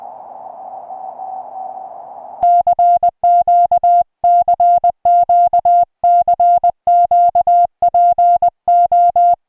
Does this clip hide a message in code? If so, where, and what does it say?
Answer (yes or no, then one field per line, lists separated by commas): yes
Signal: Morse code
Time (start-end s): 2.4-9.3 s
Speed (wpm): 20 wpm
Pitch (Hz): 700 Hz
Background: music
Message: CQ CQ CQ PO